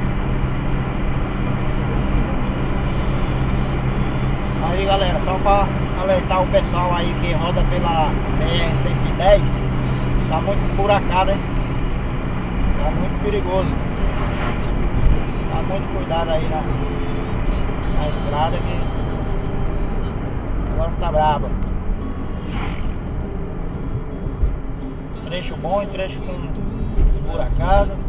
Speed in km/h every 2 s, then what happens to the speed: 106, 106, 106, 103, 100, 96, 93, 92, 84, 71, 61, 55, 52, 54.
0-21 slows to 55. 21-28 steady at about 54.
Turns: none.